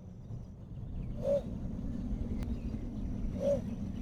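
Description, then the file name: Little bittern barks: two short, low croaks about two seconds apart. A single sharp click, steady low rumble and a thin high continuous tone sit in the background. "Tarabusino"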